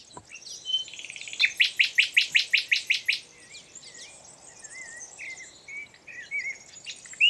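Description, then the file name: Common nightingale singing: a loud burst of about a dozen rapid, evenly spaced hard notes, then softer whistled slurs and chatter. "Luscinia megarhynchos"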